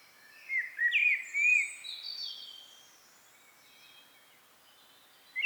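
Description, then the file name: Common blackbird with one quick phrase of mellow, slurred whistles early on, trailing into thin high twittering, then quiet until a brief note at the very end. "Turdus merula"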